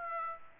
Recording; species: mosquito wingbeat signal from an infrared sensor; Aedes aegypti